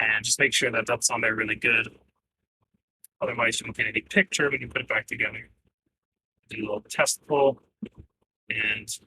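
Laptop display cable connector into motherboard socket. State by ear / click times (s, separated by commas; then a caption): seated / 3.0 s. A Lenovo Ideapad 330S-15IKB laptop's display cable connector is pressed into its socket on the motherboard during a keyboard/palmrest replacement, and it gives a small, brief click at 3.0 s while someone talks before and after. The connector seats firmly, which it must do for the display to show a picture.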